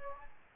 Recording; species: mosquito wingbeat signal from an infrared sensor; Aedes aegypti